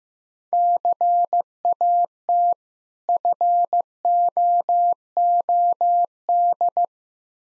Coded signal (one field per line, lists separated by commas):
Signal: Morse code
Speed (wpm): 15 wpm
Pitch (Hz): 700 Hz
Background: none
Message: CAT FOOD